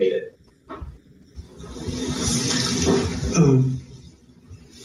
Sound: chair rolling

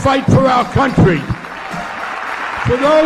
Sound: crowd cheering

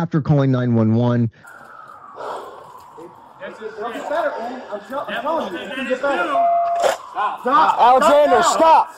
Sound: sirens

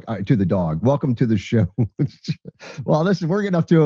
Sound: laughs

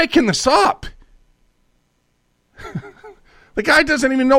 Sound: laughs

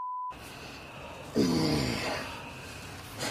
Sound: beep; gasps; grunts

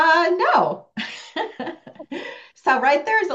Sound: laughs

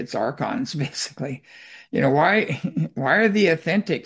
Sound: laughs

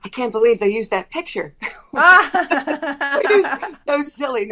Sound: laughs

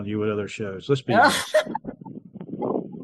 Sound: laughs

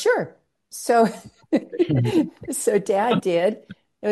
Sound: laughs

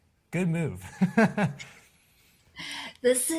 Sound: laughs

